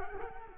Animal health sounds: mosquito wingbeat signal from an infrared sensor; Culex quinquefasciatus

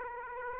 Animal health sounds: mosquito wingbeat signal from an infrared sensor; Aedes aegypti

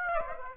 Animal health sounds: mosquito wingbeat signal from an infrared sensor; Aedes aegypti

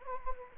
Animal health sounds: mosquito wingbeat signal from an infrared sensor; Anopheles gambiae

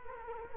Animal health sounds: mosquito wingbeat signal from an infrared sensor; Culex quinquefasciatus

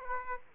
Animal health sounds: mosquito wingbeat signal from an infrared sensor; Aedes aegypti

